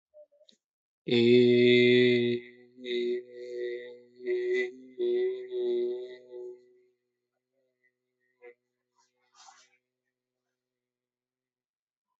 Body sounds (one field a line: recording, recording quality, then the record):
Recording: sustained vowel as in made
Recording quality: excellent, no background noise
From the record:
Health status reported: healthy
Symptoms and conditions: diabetes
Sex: male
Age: 42 years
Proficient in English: yes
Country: India